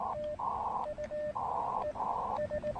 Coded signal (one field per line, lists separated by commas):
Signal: Morse code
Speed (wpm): 19 wpm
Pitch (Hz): 590 Hz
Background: none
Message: TU ES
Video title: SOTA Plan B! An aborted activation followed by an amazing (although gusty) alternative!